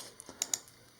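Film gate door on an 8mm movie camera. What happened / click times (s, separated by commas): The small metal gate snapped shut / 0.4 s, 0.5 s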